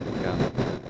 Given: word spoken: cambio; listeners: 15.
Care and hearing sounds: one Spanish word in noise, from a listening test; noise modulated by three-talker babble; -7.9 dB; 0 of 15; 7 of 15; 0.50 s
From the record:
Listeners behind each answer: 7, 1, 1, 1, 1, 1, 1, 1, 1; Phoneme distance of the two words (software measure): 24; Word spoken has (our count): 2 syllables, 6 phonemes, stress on syllable 1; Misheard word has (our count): 2 syllables, 4 phonemes, stress on syllable 1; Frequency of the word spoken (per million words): 306.85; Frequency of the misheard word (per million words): 100.47

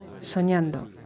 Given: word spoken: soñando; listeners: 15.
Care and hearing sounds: one Spanish word in noise, from a listening test; eight-talker babble; 18.4 dB; 4 of 15; 11 of 15; 0.67 s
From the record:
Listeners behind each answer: 11, 4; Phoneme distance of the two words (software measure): 10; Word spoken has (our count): 3 syllables, 7 phonemes, stress on syllable 2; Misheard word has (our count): 3 syllables, 7 phonemes, stress on syllable 2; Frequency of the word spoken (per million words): 5.94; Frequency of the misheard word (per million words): 2.51

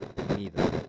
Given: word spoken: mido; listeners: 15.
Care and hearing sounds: one Spanish word in noise, from a listening test; noise modulated by one talker; -10.1 dB; 0 of 15; 10 of 15; 0.49 s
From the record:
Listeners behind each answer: 10, 1, 1, 1, 1, 1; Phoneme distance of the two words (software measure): 10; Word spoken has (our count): 2 syllables, 4 phonemes, stress on syllable 1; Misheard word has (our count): 2 syllables, 4 phonemes, stress on syllable 1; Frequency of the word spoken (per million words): 0.27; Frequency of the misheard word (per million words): 7.21

